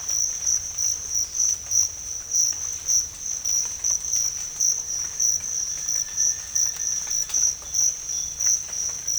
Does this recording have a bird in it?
no